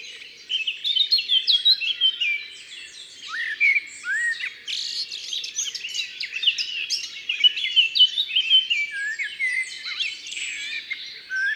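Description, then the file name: Eurasian blackcap song, a busy, unbroken warble of quick chirps and twangy slurs, swelling and fading in short bursts. Recorded in Ardèche. "Fauvette-A-Tete-Noire-Concerts-Naturels-De-l Ardeche"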